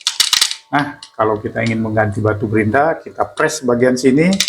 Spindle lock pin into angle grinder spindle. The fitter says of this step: dan putarannya sudah terkunci ya, Kawan.